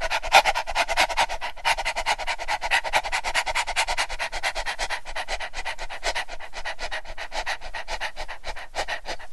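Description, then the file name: Dog panting, rapid rhythmic breathy huffs, steady with a few brief breaks. Dog breathing heavily, panting. "Tieng cho tho hon hen"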